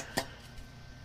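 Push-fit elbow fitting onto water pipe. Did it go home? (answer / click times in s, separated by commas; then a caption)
yes / 0.2 s. A SharkBite push-fit 90-degree elbow with a plastic insert is worked onto a water pipe and pushed home, giving one sharp, bright click at 0.2 s over a quiet low background hum. The fitting seats onto the pipe.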